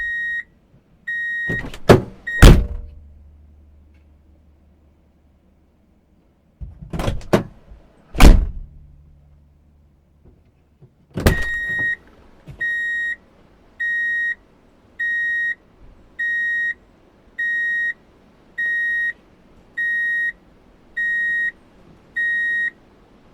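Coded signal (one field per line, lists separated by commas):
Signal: alarm pattern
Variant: car reverse warning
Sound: car door thuds, then a steady high beep repeating about once a second, twelve times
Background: car door and engine sounds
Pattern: 12 short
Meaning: The vehicle is in reverse gear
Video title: Drive in Reverse Beep Alert - Sound Effects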